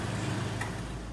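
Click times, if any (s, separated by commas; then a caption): 0.6 s. A plastic interior light lens cover on a 2016–2018 Lexus IS300, set back over the newly installed LED bulb, is pushed into the car's interior trim housing until it clips in. Over a steady low hum, a single short sharp click sounds at 0.6 s as the lens seats in place.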